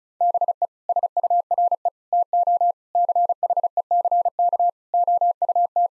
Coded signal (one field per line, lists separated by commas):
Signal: Morse code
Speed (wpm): 36 wpm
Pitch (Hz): 700 Hz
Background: none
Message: BE SURE TO CHECK OUT